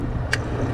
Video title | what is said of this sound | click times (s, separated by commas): Getting the GT500 ready for more POWER : Installing Mcleod RXT 1200 clutch | and you hear it snap. It's a lot easier to kind of reach your hand up there and pull this line down. | 0.3 s